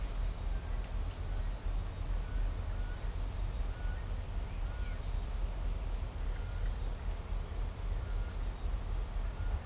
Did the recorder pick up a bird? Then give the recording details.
no. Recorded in shrubland near Pivijay, Magdalena, Colombia, on 5 June 2023 at 08:30. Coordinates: 10.453, -74.365. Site P5-G022